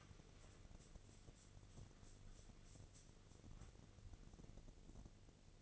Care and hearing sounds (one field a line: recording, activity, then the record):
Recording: daily activity, microphone in the room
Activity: wipe stove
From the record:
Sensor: 4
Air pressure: 1001.3 hPa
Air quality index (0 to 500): 186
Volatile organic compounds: 3 ppm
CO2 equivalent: 1330 ppm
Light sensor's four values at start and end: 13/30/12/13 and 13/30/12/13